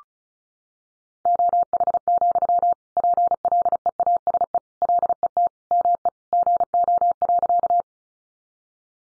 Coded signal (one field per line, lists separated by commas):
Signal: Morse code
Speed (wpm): 34 wpm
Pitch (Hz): 700 Hz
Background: none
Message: OH, PLEASE LET ME GO.